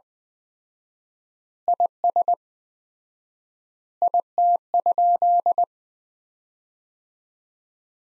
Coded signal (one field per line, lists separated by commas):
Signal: Morse code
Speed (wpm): 20 wpm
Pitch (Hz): 700 Hz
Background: none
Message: IS IT?